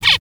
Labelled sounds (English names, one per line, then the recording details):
Zebra Finch distance call
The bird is a male
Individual mal2